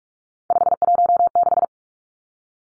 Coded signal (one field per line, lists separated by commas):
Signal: Morse code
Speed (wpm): 44 wpm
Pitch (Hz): 700 Hz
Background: none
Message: 516